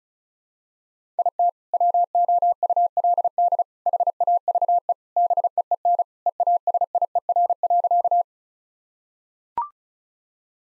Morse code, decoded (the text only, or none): IT WOULD HAVE BEEN EASIER.